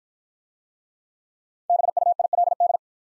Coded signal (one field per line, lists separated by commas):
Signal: Morse code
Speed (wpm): 53 wpm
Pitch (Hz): 700 Hz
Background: none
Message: BUILD